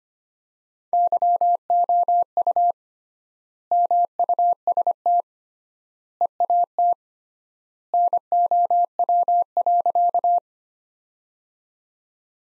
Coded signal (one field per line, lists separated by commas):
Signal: Morse code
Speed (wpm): 25 wpm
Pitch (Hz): 700 Hz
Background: none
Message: YOU MUST EAT NOW.